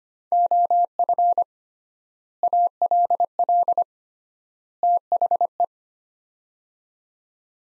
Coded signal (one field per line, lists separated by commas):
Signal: Morse code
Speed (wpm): 25 wpm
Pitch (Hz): 700 Hz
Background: none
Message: OF ALL THE